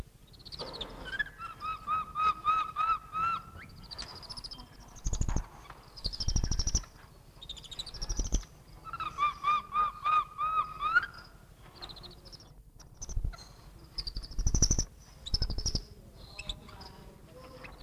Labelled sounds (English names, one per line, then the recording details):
White-fronted Capuchin call
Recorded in captivity
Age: adult
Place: Zoo Berlin, Berlin, DE
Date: 1960-03-12 16:30
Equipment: Reporter (Vollspur)
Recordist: Tembrock, Günter